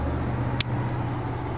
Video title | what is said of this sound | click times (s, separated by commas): Giddy Up! Throttle Controller- Mid-Atlantic Off-roading LLC. 2018 Toyota Tacoma SR5 Build | snaps right in | 0.6 s